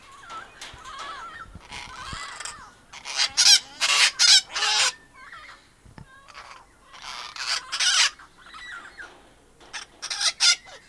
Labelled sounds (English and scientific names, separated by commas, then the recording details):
Lord Derby's Parakeet (Psittacula derbiana) call
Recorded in captivity
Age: adult
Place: Tiergarten Wilhelma/Stuttgart, Baden-Württemberg, DE
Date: 2000-09-24 17:45
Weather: bedeckt, 15°C
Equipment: Nagra SN, Kopie Uher 4000 Report Monitor
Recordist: Tembrock, Günter